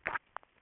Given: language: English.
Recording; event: throat vibration sensor signal played as sound; swallow